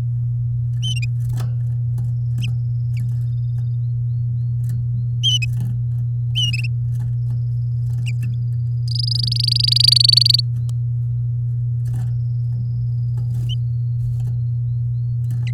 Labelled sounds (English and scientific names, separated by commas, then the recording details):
Domestic Canary (Serinus canaria) song
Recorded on 7 May 2018 at 09:38
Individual llb16